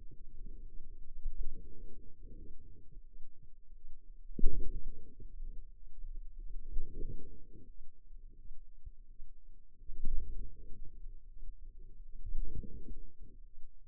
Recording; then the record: forearm muscle sounds (acoustic myography)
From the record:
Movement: wrist extension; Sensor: system 2, bracelet of six BSWA MPA416 microphones around the upper forearm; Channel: 2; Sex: female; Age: 23 years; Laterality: right